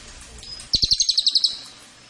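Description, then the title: Cililin giving a quick series of about nine sharp, high chip notes lasting under a second. Cililin song used as a masteran (tutor) or pancingan (lure) recording. "MASTERAN SUARA BURUNG CILILIN BISA JUGA PANCINGAN CILILIN"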